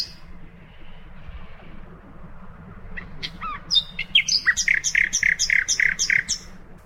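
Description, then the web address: Common nightingale phrase starting with scattered sharp notes, then building into a loud run of rapidly repeated, emphatic chirps. "birdsong nightingale"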